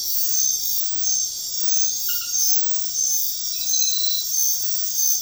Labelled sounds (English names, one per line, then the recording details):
none
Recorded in dense forest near Puerto Asís, Putumayo, Colombia, on 20 February 2024 at 02:30
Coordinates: 0.500, -76.322
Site G6465